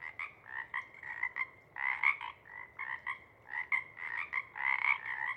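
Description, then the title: Pacific chorus frogs chorusing in waves, clusters of overlapping croaks swelling and fading with brief lulls between. Pacific chorus frog chorus at a pond in pre-morning twilight as late night wanes; temperature torpor sets in, individuals leave to hunt; chorus breaks into successive waves circling the pond, then staccato sections tapering away. "Chorus Frogs, Chorus Waxes and Wanes, pre-morning-twilight"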